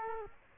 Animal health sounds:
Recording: mosquito wingbeat signal from an infrared sensor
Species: Culex quinquefasciatus

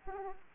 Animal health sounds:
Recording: mosquito wingbeat signal from an infrared sensor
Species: Aedes aegypti

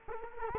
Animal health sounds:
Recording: mosquito wingbeat signal from an infrared sensor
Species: Culex quinquefasciatus

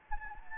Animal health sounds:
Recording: mosquito wingbeat signal from an infrared sensor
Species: Anopheles gambiae

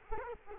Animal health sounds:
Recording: mosquito wingbeat signal from an infrared sensor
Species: Culex quinquefasciatus

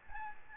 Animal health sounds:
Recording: mosquito wingbeat signal from an infrared sensor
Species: Aedes albopictus

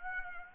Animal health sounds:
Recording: mosquito wingbeat signal from an infrared sensor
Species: Aedes aegypti

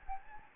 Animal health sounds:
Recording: mosquito wingbeat signal from an infrared sensor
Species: Anopheles gambiae

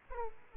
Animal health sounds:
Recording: mosquito wingbeat signal from an infrared sensor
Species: Aedes aegypti

